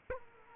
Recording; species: mosquito wingbeat signal from an infrared sensor; Culex quinquefasciatus